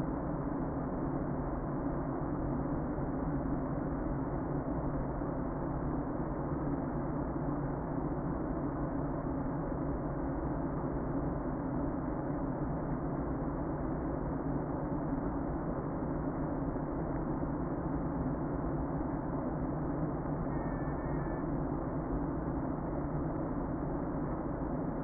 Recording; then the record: honeybee colony, microphone inside the hive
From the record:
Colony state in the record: queen present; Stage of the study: before two queens were removed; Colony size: about 60,000 bees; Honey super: yes